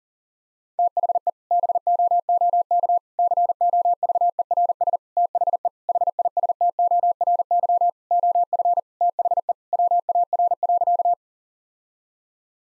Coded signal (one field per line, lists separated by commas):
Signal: Morse code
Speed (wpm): 40 wpm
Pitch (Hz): 700 Hz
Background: none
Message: THE BOOK COVERS THE HISTORY OF THE WAR.